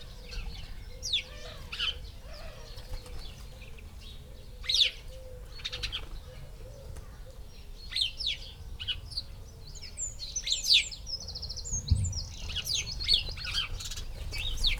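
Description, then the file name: House sparrow chirps, many short bright notes scattered throughout, busier in the second half, over a steady low hum. "Passer domesticus"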